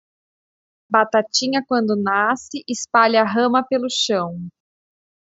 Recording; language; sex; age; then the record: short text; Brazilian Portuguese; female; 30 to 39 years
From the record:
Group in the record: control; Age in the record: 31 years